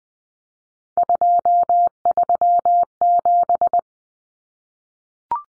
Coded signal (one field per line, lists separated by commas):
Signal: Morse code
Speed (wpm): 20 wpm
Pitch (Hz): 700 Hz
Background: none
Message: 237